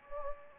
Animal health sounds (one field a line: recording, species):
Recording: mosquito wingbeat signal from an infrared sensor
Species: Anopheles gambiae